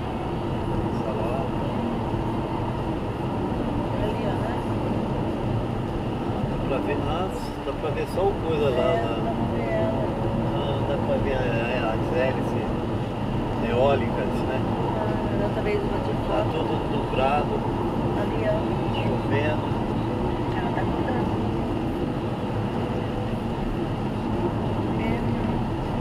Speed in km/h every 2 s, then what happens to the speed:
86, 87, 86, 85, 87, 88, 91, 91, 90, 89, 85, 85, 85.
0-15 steady at about 87. 15-26 slows to 85.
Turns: none.